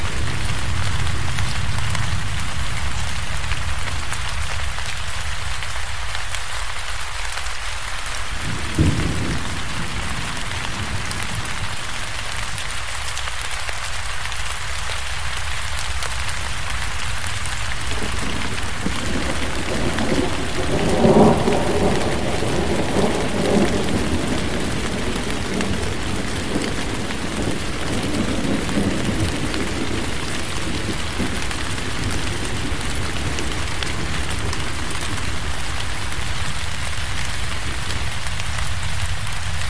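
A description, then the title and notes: Steady, dense rain hisses across the whole clip, bright and even with no gaps. Low rumbling swells underneath, with a soft thud near nine seconds and a broader roll of distant thunder around twenty to twenty-five seconds. Forest Rain Sounds For Sleep | Thunderstorm White Noise.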